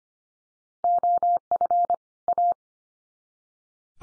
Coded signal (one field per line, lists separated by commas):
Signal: Morse code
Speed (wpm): 25 wpm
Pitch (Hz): 700 Hz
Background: none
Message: OF A